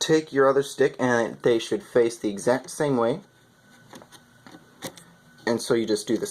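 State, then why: Not seated. Someone talks while a second memory stick is picked up and turned to face the same way as the first, before it goes into its motherboard DIMM slot. In a quiet pause, faint handling taps and ticks come at about 4.0, 4.5 and 5.0 seconds before the talking resumes. Nothing has seated or clicked yet.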